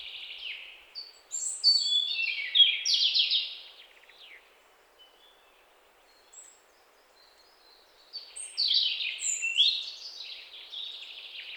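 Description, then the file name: European robin singing two separate bursts of thin, high, rapidly changing warbled and trilled notes, with a quiet pause of several seconds between phrases. "Erithacus rubecula"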